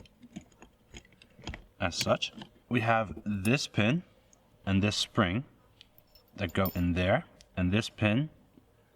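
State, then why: Not seated. A spring-loaded metal detent pin and its spring are handled during reassembly of a boat throttle controller housing, with light clicks and taps of small parts around the talk as someone speaks. Nothing has seated or clicked yet, and the pin has not locked into place by the end of the clip.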